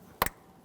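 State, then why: Seated. A plastic sensor electrical connector is lined up and pushed onto its mating sensor socket on the air intake near the throttle body of a 2011–2023 Dodge Charger 3.6L V6. Two sharp clicks sound at 0.2 s and 0.3 s, the first much louder, over quiet background. The connector snaps into place and is seated.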